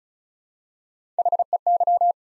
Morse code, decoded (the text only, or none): HEY